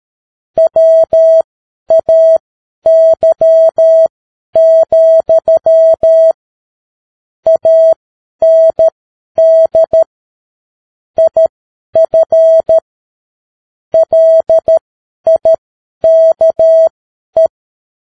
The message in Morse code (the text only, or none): WAY, AND IF LIKE